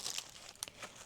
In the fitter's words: It pops right into place.